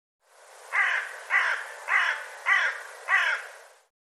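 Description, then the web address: Bird calling with five harsh, hoarse caws in a steady series, about one every 0.6 seconds, then silence. "cianscape birddata Deverinetal 2025 File cleaned normalized Bird"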